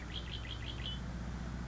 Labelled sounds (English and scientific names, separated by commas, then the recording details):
Red-winged Blackbird (Agelaius phoeniceus)
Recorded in Sonoma County, California